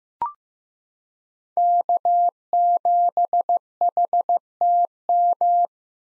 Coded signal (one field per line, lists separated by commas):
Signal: Morse code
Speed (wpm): 15 wpm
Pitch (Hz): 700 Hz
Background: none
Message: K7HTM